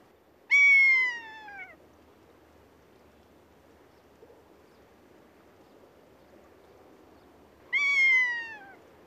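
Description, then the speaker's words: Rough-legged Buzzard calling twice, each a loud, high mewing cry that descends steadily, separated by about six seconds of quiet. Call described as a long-sounding, high, shrill mew. "Minulle piakanan naukaisu tuo mieleen vaellusreissun tunturiin."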